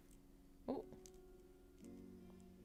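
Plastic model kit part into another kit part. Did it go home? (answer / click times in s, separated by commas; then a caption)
no / none. Plastic model kit parts C1 and C16 are pressed together, with a short plastic contact sound near 0.7 s, a brief tick near 1.1 s and a soft rustle around 1.8 s over a low background hum. Nothing has clicked or seated; the parts just hold by friction.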